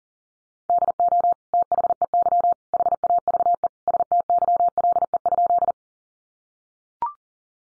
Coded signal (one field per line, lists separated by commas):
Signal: Morse code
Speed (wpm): 40 wpm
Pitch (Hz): 700 Hz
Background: none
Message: DO THEY HAVE STYLE?